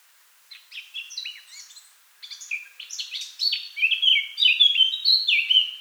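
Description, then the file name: Eurasian blackcap song opening with a hurried scratchy babble, briefly pausing, then rising into strong, clear fluting phrases that tumble up and down in pitch. "Sylvia atricapilla"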